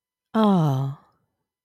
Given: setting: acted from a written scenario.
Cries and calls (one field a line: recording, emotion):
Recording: vocal sound without words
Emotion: sympathy